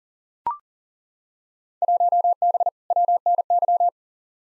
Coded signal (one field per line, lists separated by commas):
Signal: Morse code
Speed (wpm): 40 wpm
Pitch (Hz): 700 Hz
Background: none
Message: 1B WNY